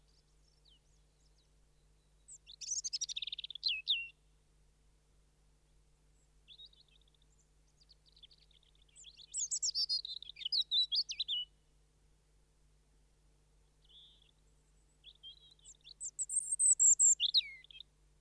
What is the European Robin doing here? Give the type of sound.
song